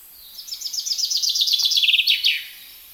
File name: Fringilla coelebs